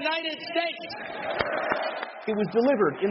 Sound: applause

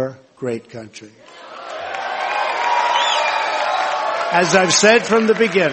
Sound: applause

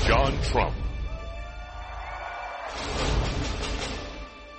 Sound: cheers

